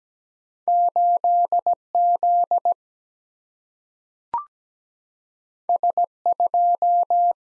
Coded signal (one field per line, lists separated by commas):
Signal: Morse code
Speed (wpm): 17 wpm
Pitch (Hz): 700 Hz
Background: none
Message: 8 Z S 2